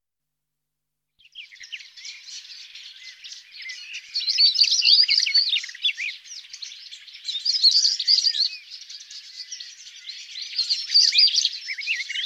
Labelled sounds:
European Stonechat (Saxicola rubicola) song
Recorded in the wild
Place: Wasenweiler am Kaiserstuhl, Baden-Württemberg, DE
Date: 1997-06-07
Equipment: Dat-Recorder Casio DA 7, Telinga DAT, Telinga-Parabolspiegel
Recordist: Schwarz, Dieter

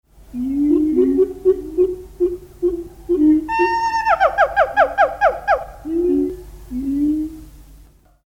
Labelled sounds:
Siamang (Symphalangus syndactylus)
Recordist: Tembrock, Günter
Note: Gesang des Männchens

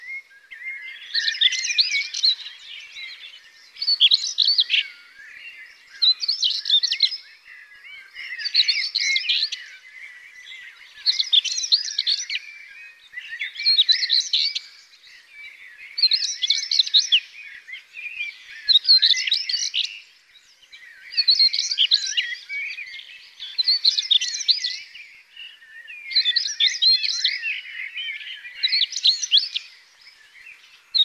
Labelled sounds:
European Stonechat (Saxicola rubicola) song
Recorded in the wild
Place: Freiburg/Rieselfeld, Baden-Württemberg, DE
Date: 2002-05-18
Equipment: MiniDisc Sharp MT 20 H
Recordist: Schwarz, Dieter

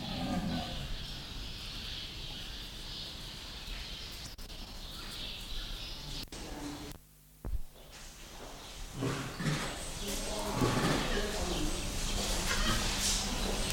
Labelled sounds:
Tiger (Panthera tigris)
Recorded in captivity
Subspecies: altaica
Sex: female
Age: adult
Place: Zoo Münster, Nordrhein-Westfalen, DE
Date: 1991-09-24 17:10
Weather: schwül, 22-24°C
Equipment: Marantz CP 430, Sennheiser ME 80, K 30 AV, Kopie Tesla B 116
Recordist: Tembrock, Günter
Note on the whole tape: Sibirischer Tiger, Kätzin (getrennt, Kater nebenan): Prusten und Trinken, am Gitter Langlaute ("Brummen")

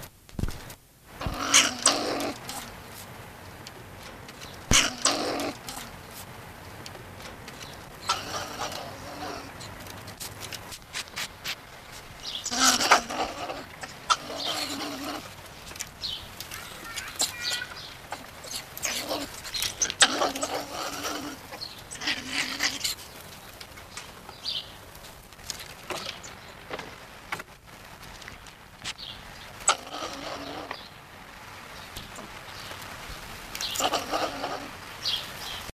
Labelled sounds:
European Pine Marten (Martes martes) call
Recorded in captivity
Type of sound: call
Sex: pair
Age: adult
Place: Tierpark Berlin, Berlin, DE
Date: 1986-10-04
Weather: heiter, 6-12°C
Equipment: Nagra SN, Kopie Uher 4000 Report Monitor
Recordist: Tembrock, Günter
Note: Edelmarder, Paar: Begegnungslaute

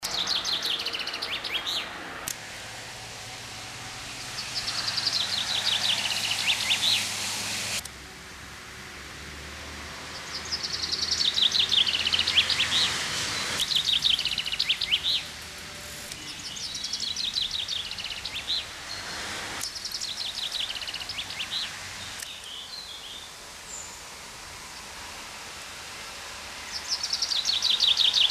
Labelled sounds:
Common Chaffinch (Fringilla coelebs) song
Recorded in the wild
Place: Genfersee, Rhône-Alpes, FR
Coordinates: 46.3089, 6.25333
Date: 1986-05-01
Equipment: Uher 4000 Report, Sennheiser MKH 815 T
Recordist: Tretzel, Erwin

